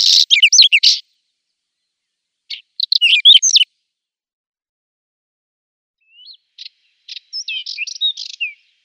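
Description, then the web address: Whinchat song in three bursts: loud scratchy chattering phrases, a pause, then a softer phrase of clicks and thin whistles; nothing else heard. "Schulze Peter Whinchat song"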